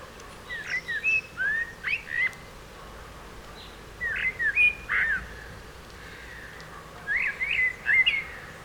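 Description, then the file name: Eurasian blackbird song, short fluty whistled phrases with squeaky high flourishes, repeated in three groups. "Turdus merula"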